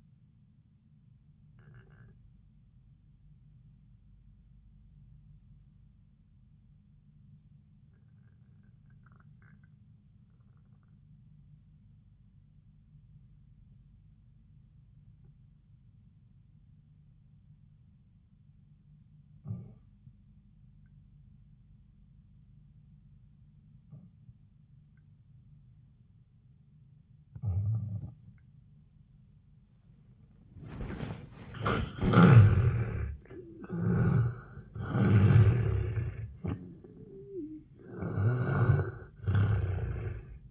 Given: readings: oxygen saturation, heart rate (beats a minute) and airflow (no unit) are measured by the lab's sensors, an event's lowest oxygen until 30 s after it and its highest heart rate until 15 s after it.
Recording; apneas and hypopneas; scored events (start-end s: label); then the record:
breathing in sleep by a smartphone at the bedside; 1
4.00-33.70 s: obstructive apnea (N2, oxygen 98% highest, then 76% lowest, heart rate 68 at the start, 93 highest)
26.00-40.51 s: new sleep stage, N1 (lightest sleep)
From the record:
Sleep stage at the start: N2 (light sleep); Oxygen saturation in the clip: 79 to 98%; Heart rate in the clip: 68 to 87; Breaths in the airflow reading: 2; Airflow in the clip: -12.5 to 9.0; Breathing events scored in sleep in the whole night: 400 in 8.7 hours asleep